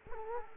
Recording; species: mosquito wingbeat signal from an infrared sensor; Culex quinquefasciatus